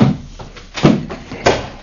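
household object, door being opened

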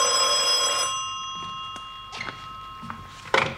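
signal or alarm, telephone ringing

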